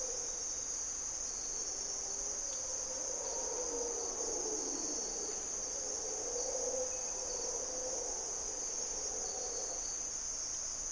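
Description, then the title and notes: Mantled howler monkeys give low, undulating roars beneath a loud, constant high-pitched insect chorus. Mantled howler monkeys (Monos Congos) waking the jungle at morning twilight, Parque Nacional Corcovado, Osa Peninsula, Costa Rica; primary hardwood forest, deep river valley; grunts and calls. "Mantled Howler Monkeys in Corcovado morning twilight. Monos Congos, or Mantled Howler Monkeys, waking the jungle in Costa Rica's Parque Nacional Corcovado"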